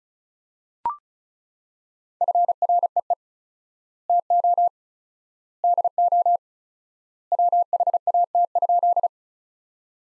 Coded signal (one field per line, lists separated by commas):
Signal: Morse code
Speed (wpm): 36 wpm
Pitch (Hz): 700 Hz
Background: none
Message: FREE TO DO WHAT?